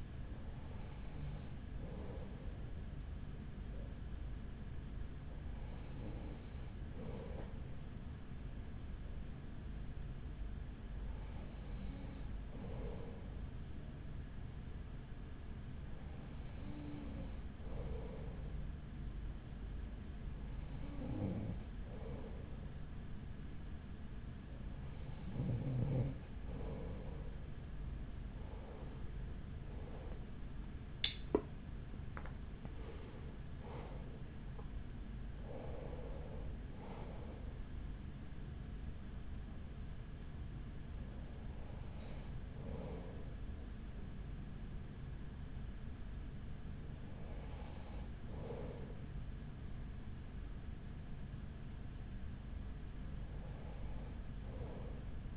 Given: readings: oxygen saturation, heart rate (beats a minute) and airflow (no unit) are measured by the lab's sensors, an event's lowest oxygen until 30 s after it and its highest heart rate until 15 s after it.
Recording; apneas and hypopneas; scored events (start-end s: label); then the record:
breathing in sleep by a smartphone at the bedside; 1
10.00-31.40 s: hypopnea (N2, oxygen 95% highest, then 94% lowest, heart rate 44 at the start, 55 highest)
24.00-54.00 s: new sleep stage, N1 (lightest sleep)
54.00-55.37 s: new sleep stage, N2 (light sleep)
From the record:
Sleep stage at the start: N2 (light sleep); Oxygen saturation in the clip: 94 to 96%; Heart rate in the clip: 41 to 55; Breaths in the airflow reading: 12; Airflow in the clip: -6.8 to 8.7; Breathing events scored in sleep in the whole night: 207 in 7.6 hours asleep